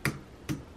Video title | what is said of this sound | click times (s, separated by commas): How To Fix Keyboard Key - Asus K55 Laptop Computer | clip is centered and then just press in the corners and they should just snap in as | 0.0 s, 0.5 s